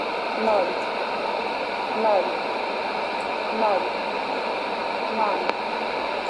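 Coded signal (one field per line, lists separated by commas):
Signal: numbers station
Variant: S06s, Russian female voice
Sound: faint female voice speaking four short evenly spaced words through heavy shortwave static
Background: radio static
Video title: 20 08 2019 S06s Russian Lady numbers station in Russian to Eu 0734 on 7365 unknown tx site USB+AM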